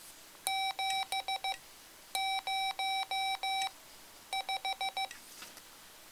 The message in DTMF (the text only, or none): none